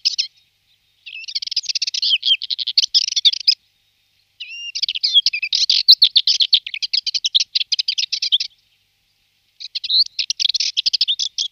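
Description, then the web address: Subalpine warbler song in four bursts of quick, dry chattering notes, most lasting a few seconds and separated by short silences. "Schulze Peter Subalpine Warbler song"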